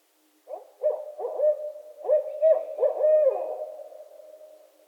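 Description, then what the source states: Barred owls calling together, a burst of overlapping hoots, cackles and rising and falling wails that builds, then tails off into a long drawn-out hoot. Several owls calling during the mating season in northern Michigan.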